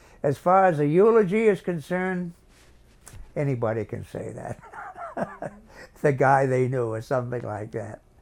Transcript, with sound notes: As far as a eulogy is concerned, anybody can say that. (Laughs) The guy they knew or something like that.